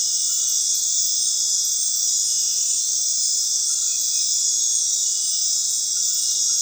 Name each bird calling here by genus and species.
none